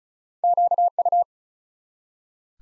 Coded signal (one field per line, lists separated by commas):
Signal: Morse code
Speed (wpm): 34 wpm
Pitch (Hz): 700 Hz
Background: none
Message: QU